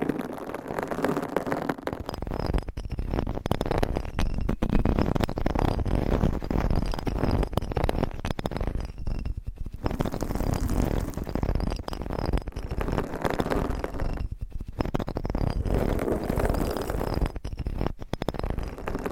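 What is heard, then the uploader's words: Dense scratching and scraping of nails on a microphone cover, continuous rough rustling with brief dropouts near 9, 14 and 18 seconds. Mic Scratching - Brain Scratching with 9 DIFFERENT MICS Covers & Nails No Talking.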